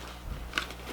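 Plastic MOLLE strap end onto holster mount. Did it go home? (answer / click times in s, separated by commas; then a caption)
yes / 0.6 s. A plastic MOLLE strap end is folded over onto a vertical holster mount on an Eberlestock Recon Bino Harness, after a second plastic stopper squishes the strap. A sharp, bright click sounds at 0.6 s, followed by a softer tap, as the strap seats into place.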